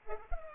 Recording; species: mosquito wingbeat signal from an infrared sensor; Culex pipiens